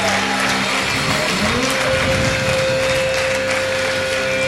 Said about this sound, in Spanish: ¿Cuántos le dan un aplauso a Dios? Pero, a ver, un aplauso fuerte, no un aplauso de esclavo. Un aplauso apasionado, no un aplauso de esclavo.